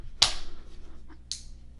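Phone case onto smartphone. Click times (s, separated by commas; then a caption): 0.2 s, 1.3 s. A plastic cover case is pressed onto a OnePlus 5T phone fitted with a Supershieldz tempered glass screen protector, and its edges snap into place with two loud, sharp pops at 0.2 s and 1.3 s. The case seats fully with no issues, proving compatible with the screen protector.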